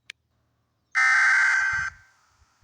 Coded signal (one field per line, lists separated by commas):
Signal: Emergency Alert System (SAME) tones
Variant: header bursts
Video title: EMERGENCY ALERT SYSTEM